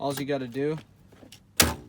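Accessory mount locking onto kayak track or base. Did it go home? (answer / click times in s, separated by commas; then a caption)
yes / 1.6 s. Someone talks, then a kayak accessory mount is pushed down onto the kayak's track or base, making a loud, sharp click at 1.6 s. The mount locks into place.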